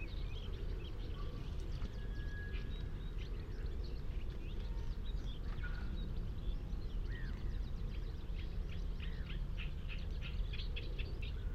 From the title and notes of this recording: Out in the wide open on Higham Marshes in Kent on a warm May afternoon. It's a perfect location for the Lento mics too. The sound scene of the Higham Marshes nature reserve from a little hawthorn tree in full scented blossom. Giant operating container ports rumble on the same horizon.